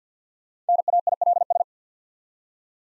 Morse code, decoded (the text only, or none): NAILS